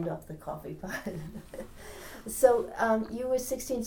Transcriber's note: chuckles